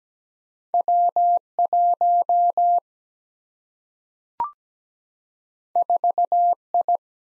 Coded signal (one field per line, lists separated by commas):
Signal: Morse code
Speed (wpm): 17 wpm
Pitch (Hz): 700 Hz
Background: none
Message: W 1 4 I